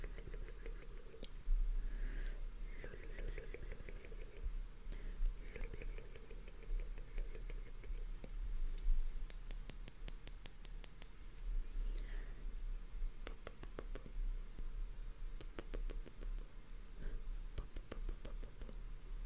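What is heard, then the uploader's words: Soft bristles brush close against skin in a steady scratchy rustle, with brief squeaky strokes early on and sharp ticking clicks after ten seconds. BRUSHING YOUR FACE.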